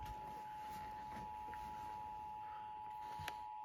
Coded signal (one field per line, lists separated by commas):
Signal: Emergency Alert System (SAME) tones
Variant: 853 and 960 Hz attention tone